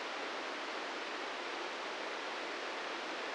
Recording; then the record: brain microelectrode recording played as sound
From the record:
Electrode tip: inside the subthalamic nucleus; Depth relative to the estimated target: -3 mm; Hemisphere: left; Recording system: NeuroSet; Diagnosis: Parkinson's disease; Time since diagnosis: 13 years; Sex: male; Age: 66 years